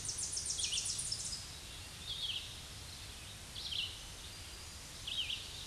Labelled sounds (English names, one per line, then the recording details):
Red-eyed Vireo song
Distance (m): 35 m
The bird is about 15 m above the microphone
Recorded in a Pennsylvania forest on 16 May 2024 at 07:59
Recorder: AudioMoth, point MSD-2146
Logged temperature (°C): 16.7 °C
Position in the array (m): 149 m, 29 m